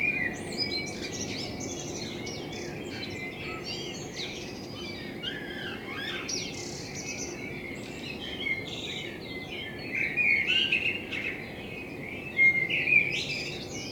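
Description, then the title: Common blackbird delivering a run of varied warbled phrases mixed with high scratchy twitters, growing louder toward the end, with a continuous hiss underneath. Blackbird in front of the recordist's window; captured binaurally with a self-built dummy head, for headphone listening. "Kunstkopfaufnahme der Amsel vor meinem Fenster"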